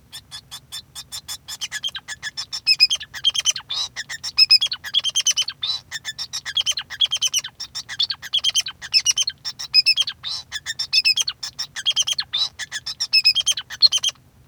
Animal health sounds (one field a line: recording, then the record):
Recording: song of a male Bengalese finch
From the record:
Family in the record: son of father 2